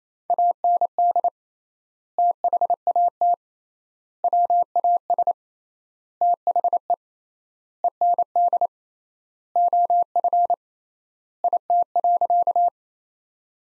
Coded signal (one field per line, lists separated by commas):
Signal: Morse code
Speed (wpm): 28 wpm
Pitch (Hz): 700 Hz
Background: none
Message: AND THAT WAS THE END OF IT.